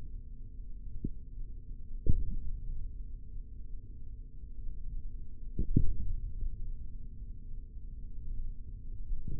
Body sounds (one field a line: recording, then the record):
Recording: forearm muscle sounds (acoustic myography)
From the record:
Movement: hand opening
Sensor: system 3, bracelet of six PUI Audio POM-2738L microphones around the upper forearm, with dedicated amplification and filtering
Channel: 3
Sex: male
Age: 43 years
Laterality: right